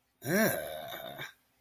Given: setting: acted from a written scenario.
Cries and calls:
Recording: vocal sound without words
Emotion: disgust

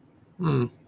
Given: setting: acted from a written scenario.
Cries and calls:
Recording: vocal sound without words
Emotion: neutral

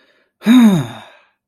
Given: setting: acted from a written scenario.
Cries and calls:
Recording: vocal sound without words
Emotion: pride

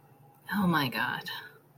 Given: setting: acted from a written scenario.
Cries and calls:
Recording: vocal sound without words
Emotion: relief

